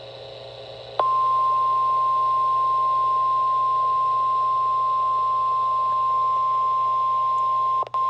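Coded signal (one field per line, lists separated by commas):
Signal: Emergency Alert System (SAME) tones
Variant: 1050 Hz attention tone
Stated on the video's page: Two High Wind Warnings; the WR120 weather radio did not activate on the second, being set to a single county for SAME codes.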